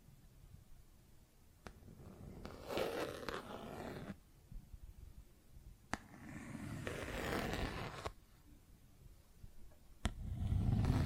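Plastic objects scrape in two long rasping passes with sharp taps at roughly 1.5, 6, 8 and 10 seconds, then a low rumbling rub.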